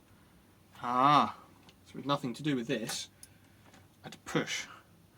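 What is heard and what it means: A charger plug is handled at an e-scooter battery's charge port while someone talks; a few faint ticks are heard near 3.2, 3.7 and 4.1 seconds. The connector is being pushed toward place to lock it in, because the pins weren't connecting properly when it wasn't locked, but nothing has seated or clicked yet.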